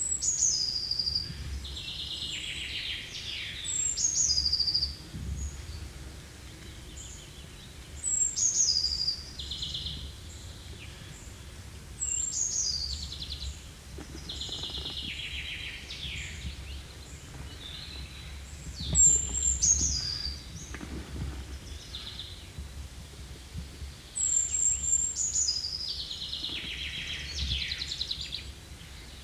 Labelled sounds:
Eurasian Blue Tit (Cyanistes caeruleus) song

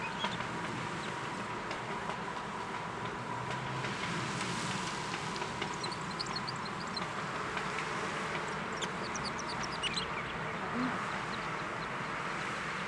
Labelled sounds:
Red Crossbill (Loxia curvirostra) song

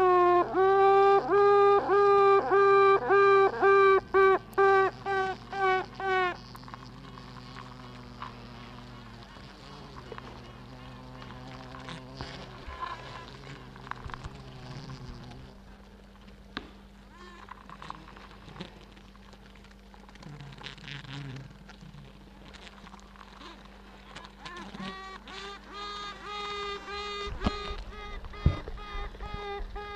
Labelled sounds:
Honey Bee (Apis mellifera)

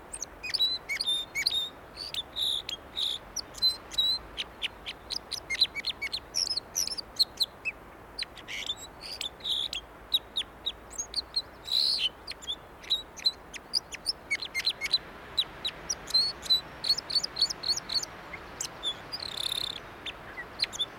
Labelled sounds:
Red Crossbill (Loxia curvirostra) song

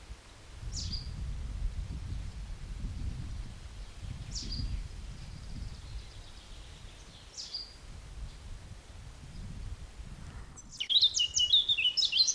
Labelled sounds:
Eurasian Blackcap (Sylvia atricapilla)

